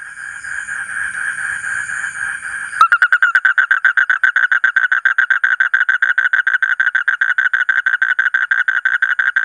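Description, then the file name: Asian common toad: a softer, blurred buzzing opens, then a sharp onset leads into a fast, regular series of rasping pulses. "suara kodok bangkong kolong kodok buduk"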